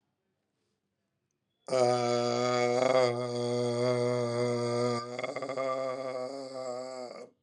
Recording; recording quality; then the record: sustained vowel as in made; excellent, no background noise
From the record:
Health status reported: recovered from COVID-19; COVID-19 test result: positive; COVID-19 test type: RT-PCR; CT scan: not taken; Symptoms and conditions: diabetes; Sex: male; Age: 56 years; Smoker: yes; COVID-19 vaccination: both doses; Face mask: worn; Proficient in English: yes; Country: India